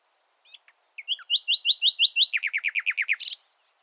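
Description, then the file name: Common nightingale song phrase: a few scattered notes building into a fast series of repeated rising notes, shifting to a lower rapid trill and ending with a burst. "Luscinia megarhynchos"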